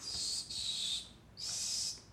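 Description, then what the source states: Cedar Waxwing calls: a few very high, thin, drawn-out hissing whistles with short pauses between. Very high-pitched whistling sound; the birds tend to be in flocks.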